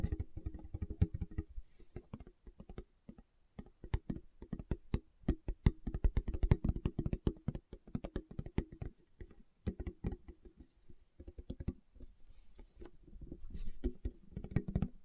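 Fingertips tap rapidly and unevenly for the whole fifteen seconds, in dense bursts of soft, dull knocks with brief gaps between runs. The taps carry a low, hollow body with a light click on top, busiest around the middle and again near the end.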